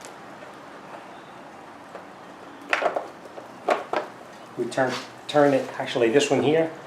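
A brake-light bulb socket on a 2002–2006 Honda CR-V is put back into the tail light housing and turned until it locks, with a sharp click at 2.7 s as it seats. Soft handling noises follow, then someone talks. Viewed from the back, the socket turns counterclockwise to lock in place.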